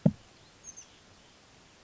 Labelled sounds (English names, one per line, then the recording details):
Oak Titmouse
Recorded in Sonoma County, California